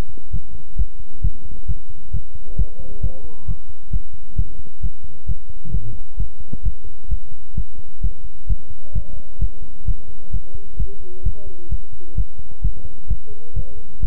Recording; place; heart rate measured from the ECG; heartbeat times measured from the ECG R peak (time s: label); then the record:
heart sounds by stethoscope; between the tricuspid and mitral areas; 131 bpm
0.31 s: heartbeat
0.76 s: heartbeat
1.22 s: heartbeat
1.66 s: heartbeat
2.11 s: heartbeat
2.56 s: heartbeat
3.01 s: heartbeat
3.46 s: heartbeat
3.91 s: heartbeat
4.36 s: heartbeat
4.81 s: heartbeat
5.26 s: heartbeat
5.71 s: heartbeat
6.17 s: heartbeat
6.63 s: heartbeat
7.09 s: heartbeat
7.55 s: heartbeat
8.01 s: heartbeat
8.47 s: heartbeat
8.93 s: heartbeat
9.39 s: heartbeat
9.85 s: heartbeat
10.31 s: heartbeat
10.77 s: heartbeat
11.23 s: heartbeat
11.69 s: heartbeat
12.15 s: heartbeat
12.62 s: heartbeat
13.08 s: heartbeat
13.54 s: heartbeat
14.00 s: heartbeat
From the record:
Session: pedaling a stationary bicycle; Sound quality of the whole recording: good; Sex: male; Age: 24 years